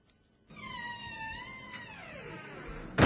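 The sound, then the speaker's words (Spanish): A door creaks open with a long, whining squeal that slowly bends downward in pitch, then shuts with a sudden loud thump at the very end. No one speaks. “así que puedes elegir entre la puerta número 9, sí, y la 13.”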